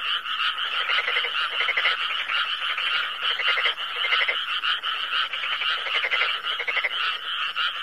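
Many frogs croaking at once, a buzzing, rattling chorus with recurring short trills and bursts of rapid pulses.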